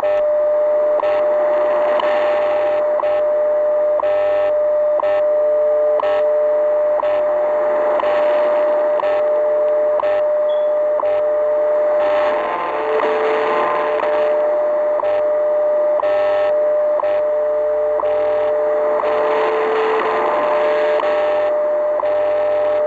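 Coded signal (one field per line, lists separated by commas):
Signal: radio time signal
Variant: WWV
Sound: steady mid-pitched tone with a sharp tick every second and bursts of hiss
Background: radio static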